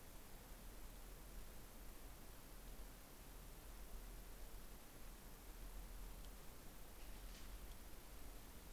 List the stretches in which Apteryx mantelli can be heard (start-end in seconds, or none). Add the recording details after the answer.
none. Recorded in New Zealand on 11 December 2011. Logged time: 00:58. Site DD66